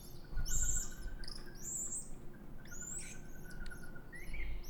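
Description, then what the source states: Eurasian pygmy owl calls: shrill, squeaky high notes in short bursts, over a faint steady mid-pitched tone and a low rumbling background. Food pass, with various calls of male, female and nestlings.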